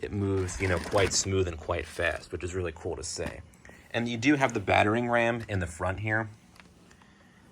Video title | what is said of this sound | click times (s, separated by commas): 2023 Hess Truck Unboxing and Review (Light and Sound Demonstration) | um it's like black plastic you just pull it out like that and then it clicks into place | 6.6 s